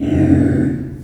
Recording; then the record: squeal of a Yucatan mini pig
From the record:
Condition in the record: after surgery on the right vocal fold (resection and tissue-engineered implant); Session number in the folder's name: 1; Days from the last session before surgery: 13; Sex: female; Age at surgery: 19 weeks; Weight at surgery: 25 kg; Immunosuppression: prednisolone